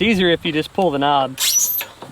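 Someone talks while the operator pulls the knob and handles the metal standing platform of a battery-powered Toro Grandstand Revolution stand-on zero-turn mower, folding it up toward the frame so it can be used as a walk-behind. A broadband metallic rattle follows the speech, with a brief sharp sound near 2.0 s. The platform has not yet latched or seated; nothing has clicked into place.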